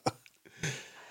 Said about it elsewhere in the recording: Feeling better after the flu. Had the consumption. You can hear me still clearing my throat.